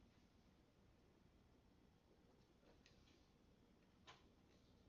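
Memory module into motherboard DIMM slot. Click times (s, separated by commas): 2.9 s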